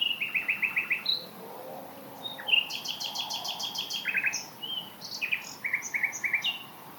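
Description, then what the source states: Common Nightingale song: varied phrases of quick repeated notes, sharp whistles and rattles. Two males singing about 150 metres away in scrubland at Knepp; the right bird copies the left's phrases for a few bars, then each sings its own jazz-style song.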